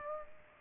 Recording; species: mosquito wingbeat signal from an infrared sensor; Aedes aegypti